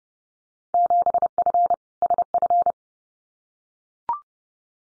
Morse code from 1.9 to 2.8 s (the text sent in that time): SF